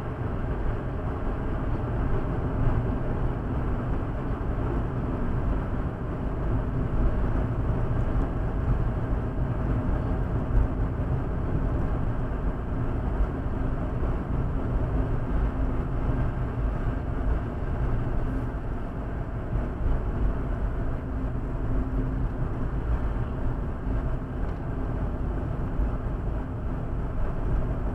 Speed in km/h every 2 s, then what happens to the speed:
81, 81, 80, 77, 76, 75, 73, 72, 70, 69, 68, 67, 64, 62.
0-28 slows to 62.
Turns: none.